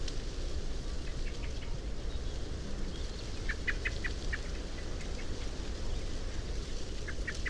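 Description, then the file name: Common blackbird producing short runs of hard clicking notes, a faint group early, a stronger burst midway and another near the end, with low rumbling noise. "Turdus merula"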